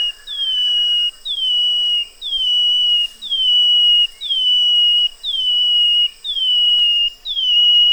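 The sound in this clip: Brown-headed greenlet giving clear whistled notes that jump up then slide down and level off, repeated about once a second, over a steady high hum.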